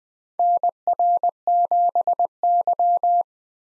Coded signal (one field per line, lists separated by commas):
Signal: Morse code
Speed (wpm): 20 wpm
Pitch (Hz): 700 Hz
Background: none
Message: NR7Y